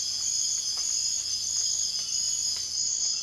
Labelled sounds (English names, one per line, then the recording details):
none
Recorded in dense forest near Puerto Asís, Putumayo, Colombia, on 13 March 2025 at 04:00
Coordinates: 0.481, -76.323
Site G088